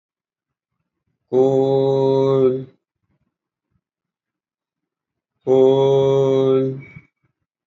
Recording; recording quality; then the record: sustained vowel as in boot; excellent, no background noise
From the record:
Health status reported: healthy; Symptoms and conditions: none ticked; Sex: male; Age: 63 years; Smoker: not ticked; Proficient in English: yes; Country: India